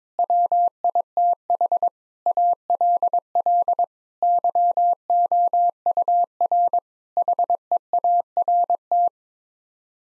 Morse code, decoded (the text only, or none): WITH ALL YOUR HEART